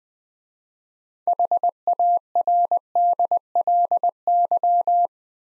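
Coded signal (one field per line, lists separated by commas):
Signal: Morse code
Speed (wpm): 20 wpm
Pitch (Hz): 700 Hz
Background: none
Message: HARDLY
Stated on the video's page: Morse practice at 20 wpm: six-letter words sent twice for head-copy, with the first three letters given beforehand.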